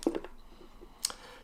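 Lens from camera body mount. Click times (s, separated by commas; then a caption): 1.1 s. A lens is twisted off the bayonet mount of an OM 2N film camera body. A few faint clicks sound near the start, then a sharp click at 1.1 s marks the bayonet releasing and the lens unlocking from the mount.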